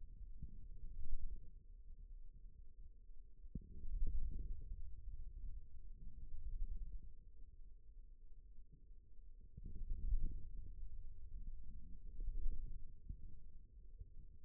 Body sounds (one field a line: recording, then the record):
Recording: forearm muscle sounds (acoustic myography)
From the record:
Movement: wrist extension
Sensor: system 2, bracelet of six BSWA MPA416 microphones around the upper forearm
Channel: 4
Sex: male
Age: 22 years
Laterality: right